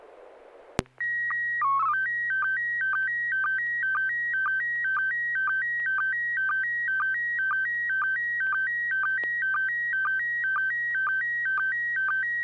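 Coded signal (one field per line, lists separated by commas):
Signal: SSTV (slow-scan television)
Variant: PD 120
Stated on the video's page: SSTV images exchanged on an amateur radio net via a 441.300 MHz FM repeater, sent with MMSSTV software.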